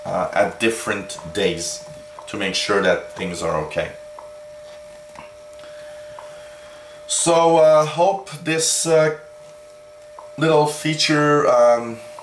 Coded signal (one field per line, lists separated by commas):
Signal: radio time signal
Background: speech